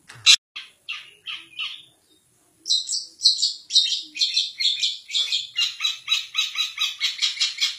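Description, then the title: Long-tailed shrike song: a sharp note and several short rasping calls, a pause, then a long run of rapid repeated buzzy chatter. Champion competition bird, song recording. "Kicau Burung Cendet Juara"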